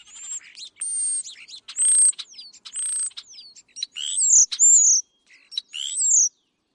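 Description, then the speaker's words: European Starling vocalising: a varied jumble of thin high whistles, slurred descending notes, clicks and harsh rattling phrases, delivered in short bursts with brief pauses. Introduced species; played in a radio bird-sound quiz. "sounds like the European starling."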